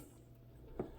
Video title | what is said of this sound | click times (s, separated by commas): How To Install Or Upgrade Your GPU | So in this case, you should hear a little click right there. | 0.8 s